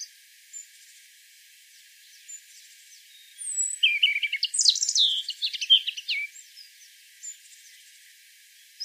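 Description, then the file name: European robin-type song: one dense burst of high tumbling notes midway, with faint scattered high notes before and after. "Erithacus rubecula"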